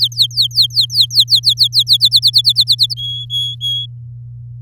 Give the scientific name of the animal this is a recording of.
Serinus canaria